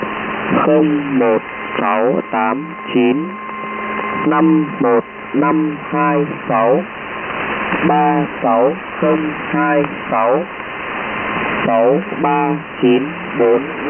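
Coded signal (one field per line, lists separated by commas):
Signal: numbers station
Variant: V30, Vietnamese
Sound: a voice reading short, evenly spaced words, likely numbers, over shortwave hiss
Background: radio static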